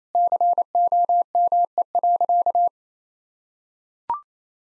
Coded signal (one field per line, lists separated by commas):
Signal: Morse code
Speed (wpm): 27 wpm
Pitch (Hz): 700 Hz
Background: none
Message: COME.